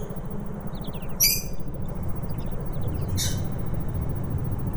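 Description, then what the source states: Lovebird chirps: two short bursts of shrill, harmonic squeaks and a faint rapid twittering series, over a steady low rumbling hum. Audio meant as therapy for lovebirds.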